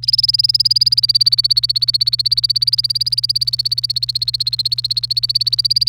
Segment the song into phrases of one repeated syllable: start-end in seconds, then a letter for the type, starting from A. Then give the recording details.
0.03-5.89 A. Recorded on 29 April 2018 at 09:14. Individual llb3